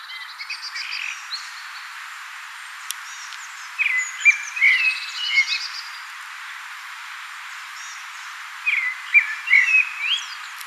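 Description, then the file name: Common blackbird singing two mellow warbled phrases with thin high twitters, separated by a pause of a few seconds; faint high notes early on. "Turdus merula"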